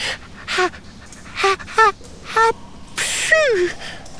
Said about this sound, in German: In diesem Augenblick, oh nein, muss Mathilda niesen. Immer im falschen Moment.